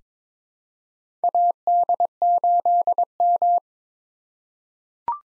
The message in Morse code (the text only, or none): AD8M